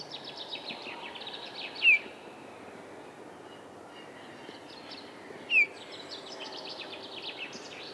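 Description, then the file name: Eurasian bullfinch giving two brief, downslurred piping calls several seconds apart, while another bird sings a thin, busy twittering song behind a constant low rumble. "Pyrrhula pyrrhula"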